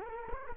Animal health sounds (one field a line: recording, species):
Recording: mosquito wingbeat signal from an infrared sensor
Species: Culex quinquefasciatus